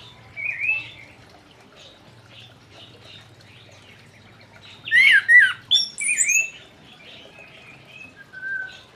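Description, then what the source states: Orange-headed thrush song: scattered whistled and warbled phrases around mid pitch, with a louder burst of rich, slurred notes near the middle and quieter notes between. Singing loudly and continuously, song style called "gacor ngeplong".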